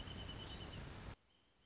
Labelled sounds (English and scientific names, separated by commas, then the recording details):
Wrentit (Chamaea fasciata)
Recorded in Sonoma County, California